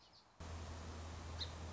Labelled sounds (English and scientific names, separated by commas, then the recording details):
Song Sparrow (Melospiza melodia)
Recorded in Sonoma County, California